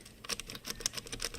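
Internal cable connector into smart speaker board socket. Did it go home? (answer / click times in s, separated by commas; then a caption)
no / none. An internal cable connector is pushed into the board socket of an Apple HomePod smart speaker and then tugged, giving a run of small, sharp plastic ticks and scrapes. The connector does not click in and pulls right back out, so nothing has seated or clicked yet.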